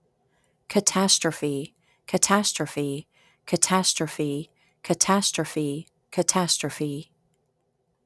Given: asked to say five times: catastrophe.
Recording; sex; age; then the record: repeated word; female; 50 to 59 years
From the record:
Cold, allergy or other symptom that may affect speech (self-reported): no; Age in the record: 50 years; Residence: Georgia, United States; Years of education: 16